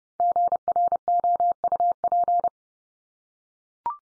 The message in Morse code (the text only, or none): GROUP